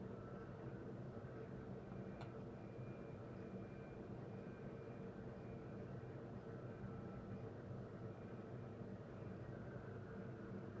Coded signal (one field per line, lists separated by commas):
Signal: FT8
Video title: Real time FT8 Session (AKA Watching Paint Dry) #3 - Can we climb the band ladder?